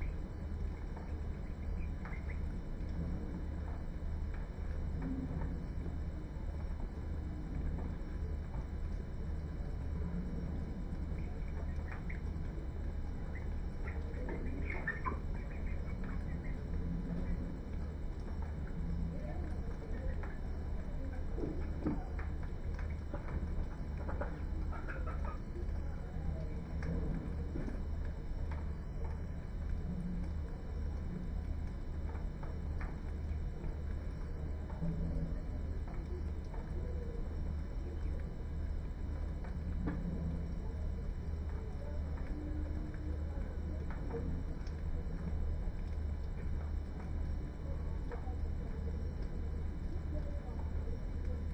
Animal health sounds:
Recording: poultry house recording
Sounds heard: healthy chickens

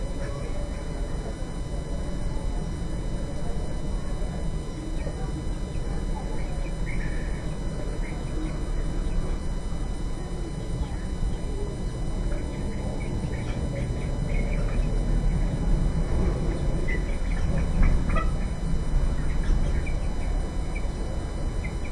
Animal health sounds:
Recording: poultry house recording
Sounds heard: healthy chickens

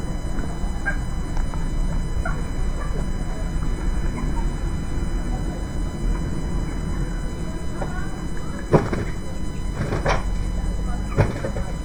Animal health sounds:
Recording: poultry house recording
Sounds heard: healthy chickens

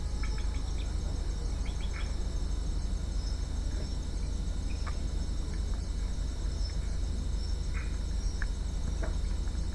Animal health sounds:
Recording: poultry house recording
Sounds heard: healthy chickens

